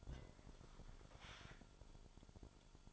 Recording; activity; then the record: daily activity, microphone in the room; take from stove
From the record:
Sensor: 5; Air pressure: 1008.2 hPa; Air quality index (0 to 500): 125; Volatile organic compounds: 1 ppm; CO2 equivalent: 956 ppm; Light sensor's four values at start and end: 28/59/25/26 and 29/64/26/26